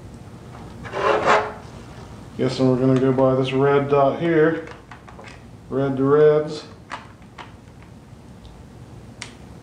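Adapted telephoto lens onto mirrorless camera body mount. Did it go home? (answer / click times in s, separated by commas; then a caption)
yes / 9.2 s. Someone talks while lining up the red dots and twisting a Sigma 70-300mm telephoto lens, fitted with a Fotasy Canon EOS to M43 adapter, onto a mirrorless camera body's M43 bayonet mount, with light handling taps in between. A sharp click at 9.2 s marks the lens latching into place, and it is confirmed mounted.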